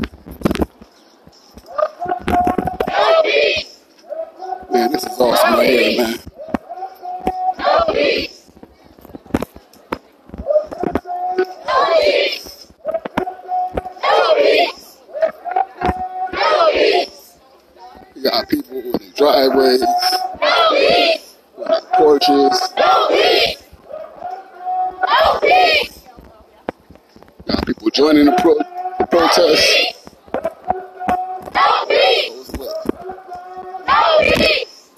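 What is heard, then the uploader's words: Voices at a protest in Niagara Square, heard as bursts of loud shouting or chanting that come in regular waves every two to three seconds, with short quieter gaps between. The shouts are strained and bright, and a murmur of other voices fills the pauses. Niagara Square Protest in Downtown Buffalo.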